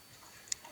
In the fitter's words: I think I heard the click.